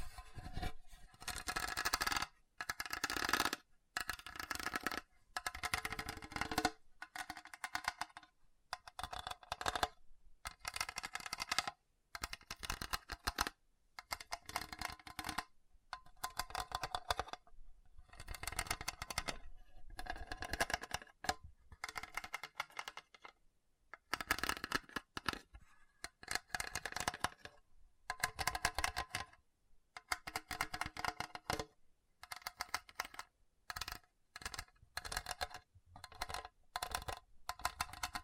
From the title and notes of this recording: ASMR Hard and Bumpy Surface Scratching (No Talking).